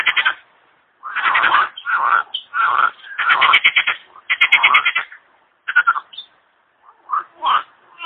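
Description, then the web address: Frogs croaking in pulsed, rattling runs of irregular length, then a quieter stretch of short single croaks. "kumkanie zab i spiew slowika"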